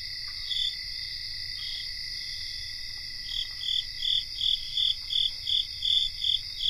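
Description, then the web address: Cricket chorus: continuous high-pitched trilling overlaid by loud rhythmic chirps repeating roughly three times a second from midway on. Cricket chorus, North America. "Nature Songs N America Songs of Insects Cricket chorus"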